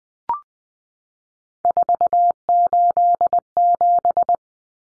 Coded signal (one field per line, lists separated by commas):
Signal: Morse code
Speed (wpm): 20 wpm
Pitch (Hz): 700 Hz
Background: none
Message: 487